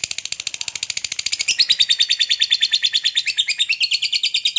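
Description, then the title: Lovebird chattering in a fast, steady stream of rapid buzzy chirps, growing louder and slightly lower midway. Lovebird shown calling skilfully to bait, or 'memancing', other birds into calling. "Dari Gayanya Lovebird Ini Terlihat Pintar Sekali Memancing"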